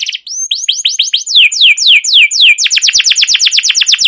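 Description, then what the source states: Canary song: a fast series of downward-sweeping chirps, slowing into longer descending slurs, then breaking into a rapid even trill of repeated notes. Canary with long, continuous trilling 'ngerol' and 'cuit cuit' song, used as a lure and master recording for training other canaries.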